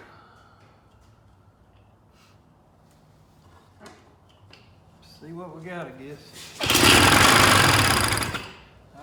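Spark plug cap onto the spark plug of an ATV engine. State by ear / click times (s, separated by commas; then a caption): not seated / none. Someone pushes the spark plug wire cap onto the spark plug of an old Polaris Trail Boss 250 two-stroke ATV engine, but it fails to snap on the way it should, so nothing has seated or clicked yet. A quiet, low background hum with a brief faint tap at 4.5 s is heard while someone talks. A loud, harsh, broadband rattling roar then bursts in at 6.7 s and lasts about two seconds before fading.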